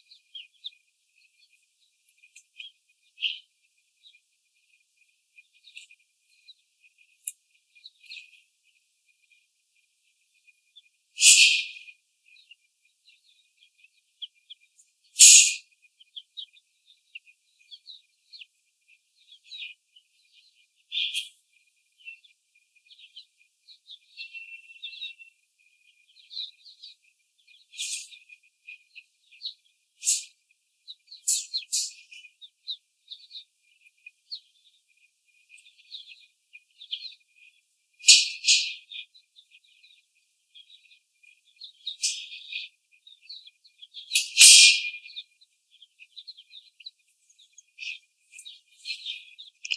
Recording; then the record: young laying hens in a cage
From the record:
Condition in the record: before the stressor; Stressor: simulated dog barking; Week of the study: 4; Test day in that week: 3